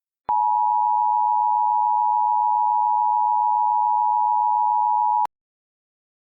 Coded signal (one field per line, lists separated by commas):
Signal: Emergency Alert System (SAME) tones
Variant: 853 and 960 Hz attention tone